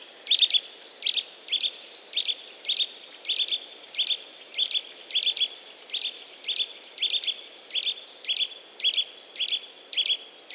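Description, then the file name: Eurasian nuthatch calls, short high piping notes often doubled or tripled, repeated steadily about twice a second throughout, over faint background hiss. "Sitta europaea"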